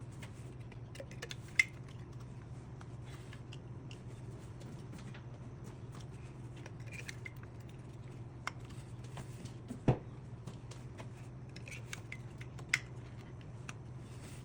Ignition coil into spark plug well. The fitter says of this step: But yeah, all I do is I just push them down. You hear like a nice click, it kind of sounds like.